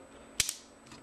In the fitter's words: and if you hear that clicking noise that would those were the Flames popping out of sword